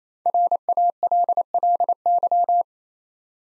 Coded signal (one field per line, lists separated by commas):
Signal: Morse code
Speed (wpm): 27 wpm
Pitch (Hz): 700 Hz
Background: none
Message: RALLY